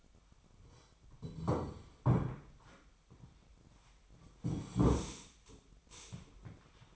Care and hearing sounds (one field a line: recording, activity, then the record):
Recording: daily activity, microphone in the room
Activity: sit down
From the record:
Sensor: 1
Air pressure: 1007.9 hPa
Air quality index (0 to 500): 192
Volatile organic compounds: 17 ppm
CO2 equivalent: 2592 ppm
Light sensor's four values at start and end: 13/33/13/15 and 13/33/13/15